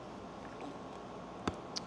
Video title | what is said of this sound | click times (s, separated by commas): "Bell & Howell 4-Blade Socket Fanlight LED Bulb Review - Worth the Hype?" | There we go, got it snapped. | 1.5 s, 1.8 s